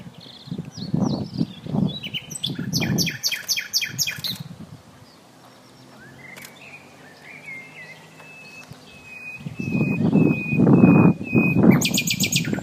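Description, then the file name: Common nightingale song in phrases of rapid repeated high notes and a thin drawn whistle, interrupted by heavy low rumbling bursts of wind or handling noise. "Luscinia megarhynchos"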